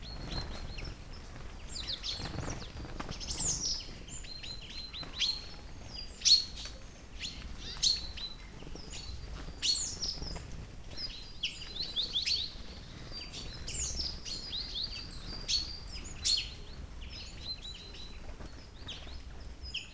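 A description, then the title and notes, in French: Many birds chirp and call together in a tree on an autumn morning, dense high tweets overlapping constantly over a soft outdoor hush. CRIS D'AUTOMNE. Station de Val Drôme - Nagra LB - Omni - B&k. Belle matinée d'automne ensoleillée avec beaucoup de migrateurs arrivés du nord. Dans un hêtre ils se rassemblent pour ce nourrir des fruits abondants cette année.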